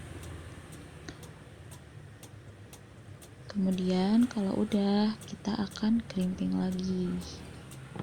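The second end of a twisted-pair LAN cable is being handled with a crimping tool and its RJ45 plug, with faint ticks around 1.1, 2.2, 2.7 and 8.0 seconds over a steady background hiss. Someone talks from about 3.6 to 7.2 seconds. Nothing has seated or clicked yet.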